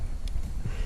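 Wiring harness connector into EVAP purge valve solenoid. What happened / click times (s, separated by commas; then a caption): The connector clicked onto the valve / 0.3 s. A wiring harness connector is pushed onto a new EVAP purge valve solenoid on a Fiat 500 engine, replacing a faulty purge valve. A single short click is heard at 0.3 s over low rumbling background noise, and the connector is seated.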